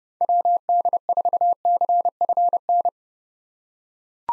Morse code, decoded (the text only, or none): WD4CFN